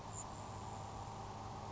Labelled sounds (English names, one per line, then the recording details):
Grasshopper Sparrow
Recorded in Sonoma County, California